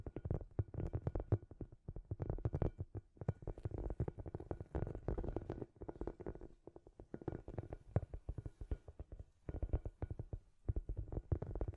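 Scratchy tapping goes on without pause, dense irregular clicks over a low rumbling bed, briefly thinning near six and ten seconds.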